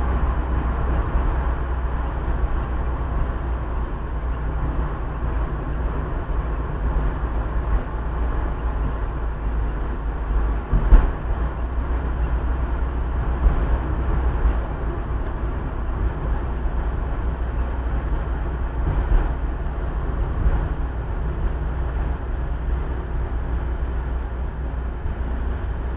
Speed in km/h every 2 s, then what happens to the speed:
49, 49, 48, 47, 45, 43, 42, 39, 38, 36, 29, 24, 16.
0-26 slows to 16.